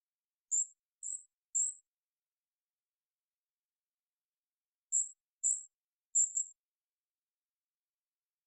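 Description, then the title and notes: Golden-crowned kinglet giving three very high-pitched calls, a silent pause, then three more, the last slightly doubled, in a quiet setting. Calls, parabolic single-species, processed for clarity with natural pace and rhythm kept; Pacific Northwest, Washington, United States. "GoldenCrowned Kinglet Calls. Golden-crowned Kinglet, Regulus satrapa, calls, parabolic single-species recording, processed for clarity, natural pace and rhythym maintained Recorded in the beautiful Pacific Northwest in Washington, Unister States"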